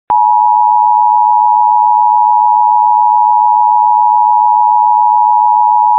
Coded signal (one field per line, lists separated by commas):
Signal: Emergency Alert System (SAME) tones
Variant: 853 and 960 Hz attention tone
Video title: EAS #165-182 - More Monthly Tests (2/14-15/24)